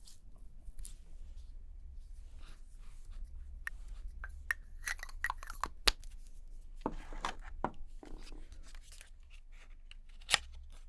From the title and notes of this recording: Doing Your Makeup ASMR No Talking.